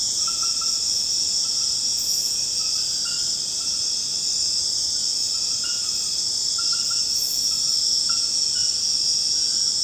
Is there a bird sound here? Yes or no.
no